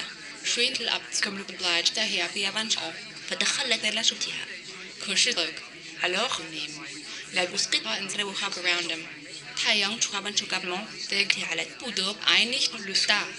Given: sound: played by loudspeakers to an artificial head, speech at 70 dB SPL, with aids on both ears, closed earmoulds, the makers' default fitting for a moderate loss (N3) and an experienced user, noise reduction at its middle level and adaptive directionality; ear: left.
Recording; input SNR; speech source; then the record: speech test signal (ISTS) in cocktail-party noise; +6 dB; in front (0 degrees)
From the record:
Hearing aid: class 1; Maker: B